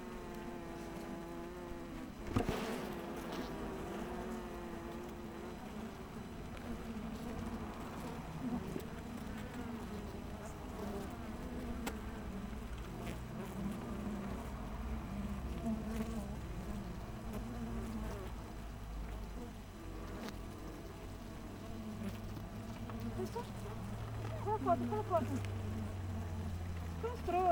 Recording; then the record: honeybee colony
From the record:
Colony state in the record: missing queen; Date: 14 July 2017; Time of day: 7:25